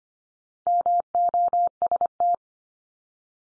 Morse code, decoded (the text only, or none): MOST